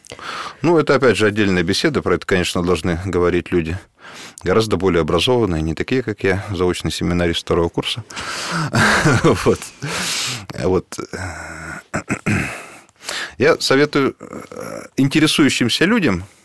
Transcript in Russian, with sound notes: Ну, это, опять же, отдельная беседа. Про это, конечно, должны говорить люди гораздо более образованные, а не такие, как я, заочный семинарист второго курса. (Смеется.) Я советую интересующимся людям